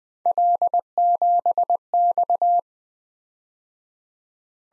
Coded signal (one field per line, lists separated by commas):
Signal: Morse code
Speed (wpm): 20 wpm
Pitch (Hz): 700 Hz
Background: none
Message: L7X